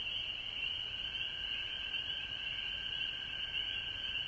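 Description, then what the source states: Frogs in a constant high-pitched chorus of overlapping calls, with a softer lower band of calls, steady all the way through. Recorded at home in Georgia on March 19, 2020.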